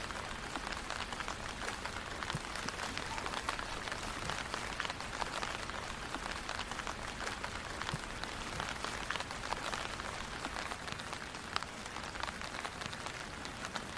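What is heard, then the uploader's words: Rain falls steadily through the whole clip, a dense, even patter with countless small drops striking surfaces. Sharper individual taps and splashes pop out irregularly above the hiss, while a soft low rumble sits underneath without any clear change in intensity. Long Walk In The Rain Around The Neighborhood.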